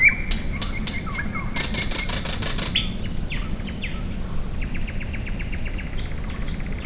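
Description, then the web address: Nightingale song of dry clicking and rattling series with a few short whistled notes, over a steady low rumbling background noise. Nerskaya, 29 May 2005. "Nerskaya solovey"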